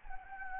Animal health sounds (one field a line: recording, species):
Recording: mosquito wingbeat signal from an infrared sensor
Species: Anopheles gambiae